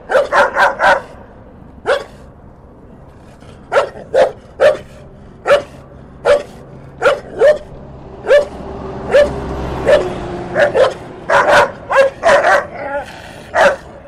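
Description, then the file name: Dog barking: a quick cluster of barks, then single barks spaced irregularly, then faster clusters of barks again toward the end. Dogs recorded in Denver. "scarier Denver dogs"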